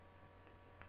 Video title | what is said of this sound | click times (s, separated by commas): HP G56 base and screen replacement.wmv | got to make sure that there's a ribbon cable underneath there goes into the correct place and it's clicked into place | 0.8 s